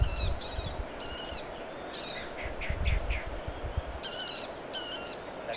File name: Yellow faced parrotlet